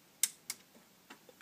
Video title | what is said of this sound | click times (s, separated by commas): Synology DX510 Expansion Unit : An in-depth setup guide & review | push in till it locks into place and | 0.2 s, 0.5 s